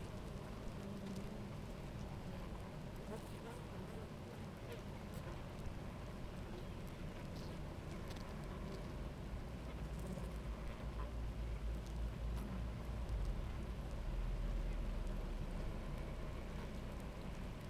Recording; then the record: honeybee colony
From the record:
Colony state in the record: active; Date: 28 July 2017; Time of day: 11:05